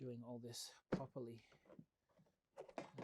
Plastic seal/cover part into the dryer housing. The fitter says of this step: that just snaps into place so before you go and put everything like back together